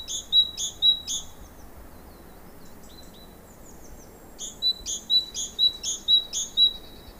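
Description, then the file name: Great tit giving repeated two-part notes, a high click then a short whistle, in two bursts with a quieter pause of faint notes between. "Parus major"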